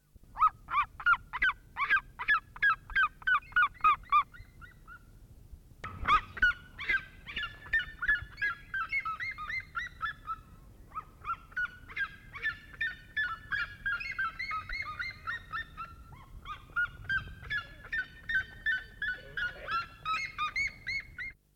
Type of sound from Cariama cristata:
call